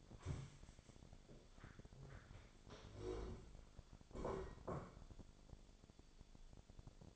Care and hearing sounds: daily activity, microphone in the room; stand up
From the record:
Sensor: 5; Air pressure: 1000.6 hPa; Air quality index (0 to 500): 143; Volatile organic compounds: 2 ppm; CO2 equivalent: 1109 ppm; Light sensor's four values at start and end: 46/108/45/47 and 46/108/45/47

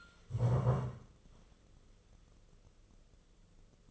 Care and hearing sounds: daily activity, microphone in the room; stand up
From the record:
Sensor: 4

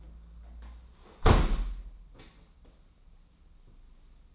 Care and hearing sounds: daily activity, microphone in the room; close window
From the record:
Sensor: 1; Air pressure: 994.4 hPa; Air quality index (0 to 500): 215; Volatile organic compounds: 1000 ppm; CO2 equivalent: 7736 ppm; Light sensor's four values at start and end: 75/165/74/79 and 73/160/72/76

